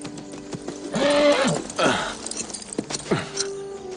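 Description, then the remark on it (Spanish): A horse whinnies in a few loud, wavering bursts, its high neighs rising and falling, while hooves clop and shuffle faintly underneath. “Sally, cuida su caballo.”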